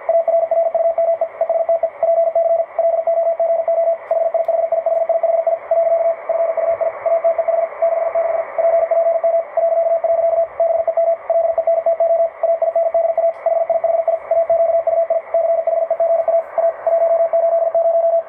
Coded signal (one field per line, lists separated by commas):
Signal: Morse code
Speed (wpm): 47 wpm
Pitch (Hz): 670 Hz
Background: radio noise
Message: ARRUME ESTE PC LOGO HIHIHIHI . FUI ATEH 66 PPM .. BEM LENTO AINDA HIHI AQUI CHEGA A 180